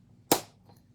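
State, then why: Seated. A hinged plastic lid on a stamp ink pad case is closed and snaps shut with one sharp, bright snap at 0.3 s, followed by a short decay and faint quiet sounds afterward. The lid seats into place.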